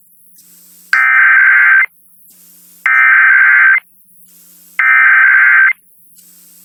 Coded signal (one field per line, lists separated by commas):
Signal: Emergency Alert System (SAME) tones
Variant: header bursts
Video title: Weeklies to Welcome 11K (EAS #10997-11004) 5/17/23